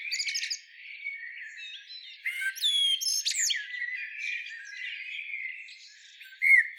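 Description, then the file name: Common blackbird song, a quiet run of warbled notes with high thin slurs, ending in a brief louder whistle. "Turdus merula"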